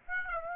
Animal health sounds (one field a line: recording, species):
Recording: mosquito wingbeat signal from an infrared sensor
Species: Aedes aegypti